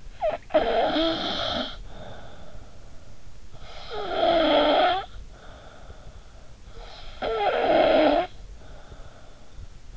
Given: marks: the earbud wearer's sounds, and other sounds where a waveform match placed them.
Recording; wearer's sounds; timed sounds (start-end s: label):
sounds in sleep by an in-ear microphone; snoring breath
0.00-3.09 s: snoring breath
3.40-6.57 s: snoring breath
6.85-9.77 s: snoring breath